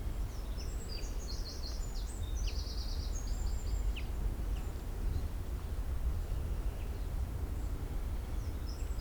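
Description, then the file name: Eurasian blackcap, a rapid high warbling burst early on, then a few scattered thin notes, against a heavy low background rumble. "Sylvia atricapilla"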